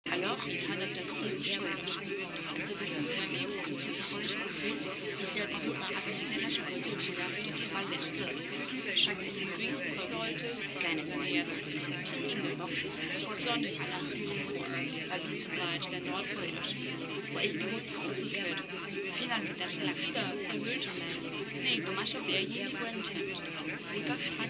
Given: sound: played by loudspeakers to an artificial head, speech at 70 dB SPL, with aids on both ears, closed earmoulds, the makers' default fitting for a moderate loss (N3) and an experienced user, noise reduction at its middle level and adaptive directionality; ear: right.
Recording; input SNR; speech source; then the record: speech test signal (ISTS) in cocktail-party noise; -6 dB; in front (0 degrees)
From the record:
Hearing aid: class 1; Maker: D